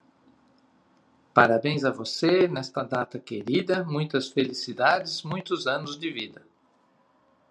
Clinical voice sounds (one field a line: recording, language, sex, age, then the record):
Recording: short text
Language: Brazilian Portuguese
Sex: male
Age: 50 to 59 years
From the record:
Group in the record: control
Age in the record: 53 years